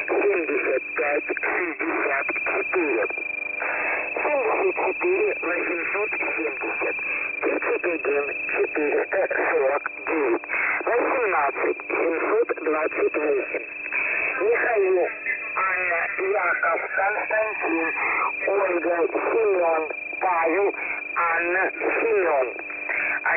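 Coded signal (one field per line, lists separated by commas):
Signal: coded military voice message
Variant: The Pip, Russian voice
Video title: The Pip voice message (December 23, 2020 11:50 UTC)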